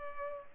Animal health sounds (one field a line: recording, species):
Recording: mosquito wingbeat signal from an infrared sensor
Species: Culex pipiens